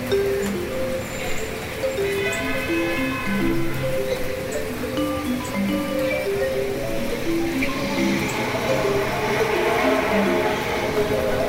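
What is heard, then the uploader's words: A rainy day in the city: a steady hiss runs through the whole clip, growing a bit louder and brighter after about eight seconds. Over it, many short pitched notes, like distant voices or passing vehicles, come and go in a busy, irregular scatter. The Great Mouse Hunt has shifted to a rainy day in the city.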